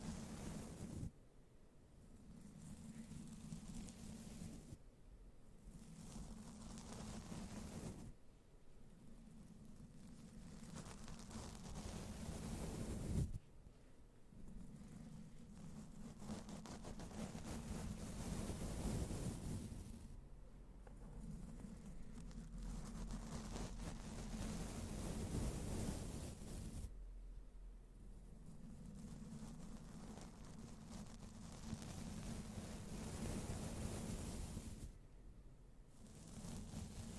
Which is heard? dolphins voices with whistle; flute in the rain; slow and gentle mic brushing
slow and gentle mic brushing